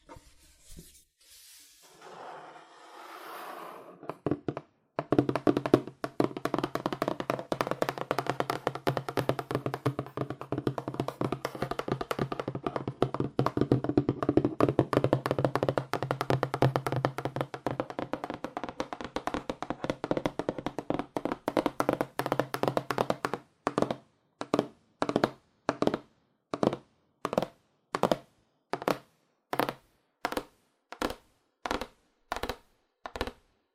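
Fast, aggressive tapping on cardboard, starting after a few seconds of quieter rustling and shuffling. From about five seconds a dense, rapid drumming runs steadily until roughly 23 seconds, then slows into separate, evenly spaced knocks, about two per second, through the end.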